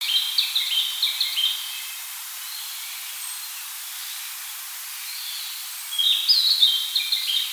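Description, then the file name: Narcissus flycatcher opening with a phrase of high, choppy whistles, falling silent against a soft hiss, then singing again near the end. "Ficedula narcissina"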